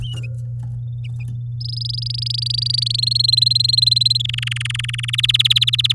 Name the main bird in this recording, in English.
Domestic Canary